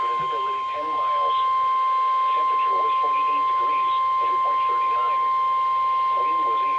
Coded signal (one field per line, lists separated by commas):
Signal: Emergency Alert System (SAME) tones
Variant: 1050 Hz attention tone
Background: speech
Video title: Required Weekly Test with GWES-ERN Relay (EAS #26/27)